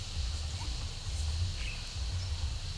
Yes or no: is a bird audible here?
no